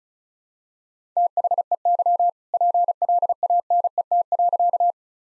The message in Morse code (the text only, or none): THEY PLANET.